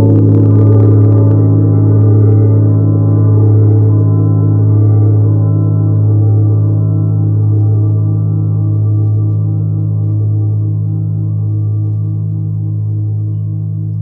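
A large gong rings out in a long, deep sustain, its low, layered tones humming steadily for the whole stretch. A bright metallic shimmer from the strike fades within the first second or two, leaving a warm, slowly pulsing drone that barely softens.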